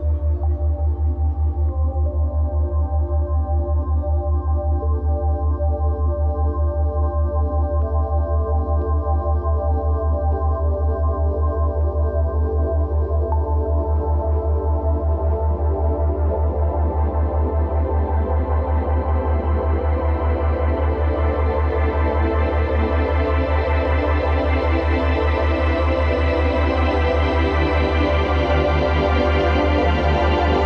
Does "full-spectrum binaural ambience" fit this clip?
yes